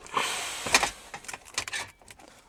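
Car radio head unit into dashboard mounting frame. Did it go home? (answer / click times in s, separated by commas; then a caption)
yes / 0.7 s. A double-DIN Android head unit is pushed hard into its mounting frame in a car dashboard, with a scraping push and then a sharp click at 0.8 s as it clips in. A few lighter clicks and knocks follow. The unit is seated, and it will now be hard to remove.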